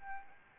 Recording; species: mosquito wingbeat signal from an infrared sensor; Aedes albopictus